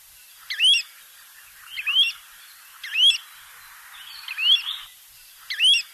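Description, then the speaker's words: Pacific golden plover giving clear whistled, rising notes, five phrases spaced a little over a second apart over a faint steady hiss. Known in Hawaii as kolea; its song is heard in Hawaii only from August to April, before the birds migrate nonstop to Alaska to breed. "song of the kolea, or Pacific golden plover, can only be heard from August to April in Hawaii."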